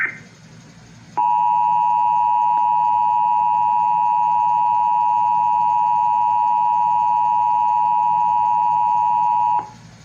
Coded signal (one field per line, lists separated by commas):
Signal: Emergency Alert System (SAME) tones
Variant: 853 and 960 Hz attention tone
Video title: EAS: Shelter in Place Warning (cancellation message) (7/6/20)(EAS #394)